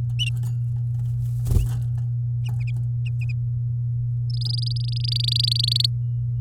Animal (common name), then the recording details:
Domestic Canary. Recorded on 9 May 2018 at 08:24. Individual llb16